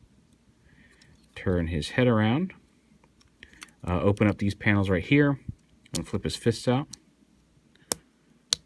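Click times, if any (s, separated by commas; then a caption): 7.9 s, 8.5 s. Someone talks while handling an Iron Factory IF EX-11 Evil Lord (Overlord) transforming robot figure, opening its forearm panels and flipping its plastic fists out. Two sharp clicks at 7.9 s and 8.5 s are the fists clicking into place in the forearms, fully seated.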